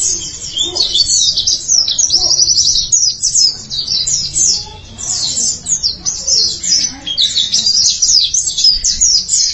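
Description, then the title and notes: White-eye song, a dense continuous stream of very high, rapid twittering notes with little pause, over a low background hum. Chirping song. "Kicauan Burung Pleci Durasi Panjang. Suara kicauan burung pleci"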